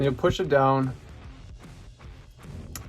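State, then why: Seated. Someone talks while pushing the metal trigger spring of a Glock 17 Gen 5 down into the bottom notch of the trigger mechanism housing. A sharp click at 2.8 s marks the spring locking into place.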